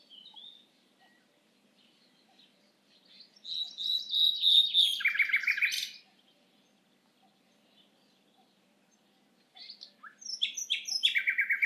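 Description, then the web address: Common nightingale song: a quiet note, a pause, then a swelling trill that drops into a fast, lower rattle. Later comes a cluster of sharp, varied notes. "SETE data Luscinia megarhynchos"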